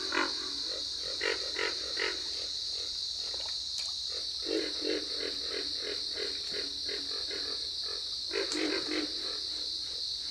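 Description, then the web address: Pig frog grunts, short low pulses repeated in uneven bursts, over a steady high insect-like drone. "Dan Gibson's Solitudes Frog Song. Pig Frog"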